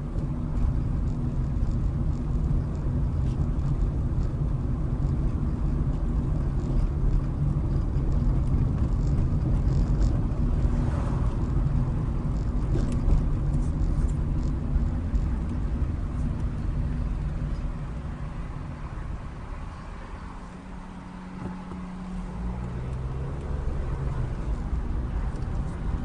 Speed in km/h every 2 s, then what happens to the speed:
24, 26, 27, 27, 29, 29, 26, 19, 13, 6, 5, 18, 23.
0-10 steady at about 27. 10-19 slows to 5. 20-26 speeds up to 23.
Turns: 13-17.